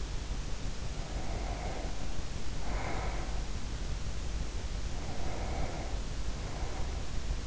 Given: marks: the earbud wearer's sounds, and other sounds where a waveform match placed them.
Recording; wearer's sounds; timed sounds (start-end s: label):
sounds in sleep by an in-ear microphone; breath
0.55-3.85 s: breath
4.74-7.47 s: breath